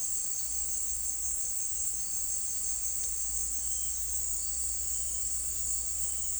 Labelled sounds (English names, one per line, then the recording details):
none
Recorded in secondary vegetation near Puerto Asís, Putumayo, Colombia, on 12 March 2025 at 17:30
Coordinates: 0.499, -76.323
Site G094